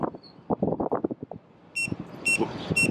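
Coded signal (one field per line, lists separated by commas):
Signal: beep code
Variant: Boosted Board remote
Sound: handling clatter, then 3 short high electronic beeps about half a second apart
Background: handling noise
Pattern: 3 short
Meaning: Three beeps indicate beginner speed mode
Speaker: You just press the bottom, multi-button on the bottom 3 times and you're gonna hear the beep.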